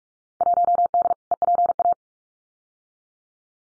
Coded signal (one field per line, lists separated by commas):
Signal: Morse code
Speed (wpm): 46 wpm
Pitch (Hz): 700 Hz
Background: none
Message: 1D EPA